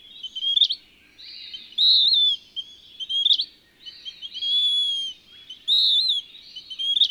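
Bird song: high slurred whistles and brief upswept chips alternating.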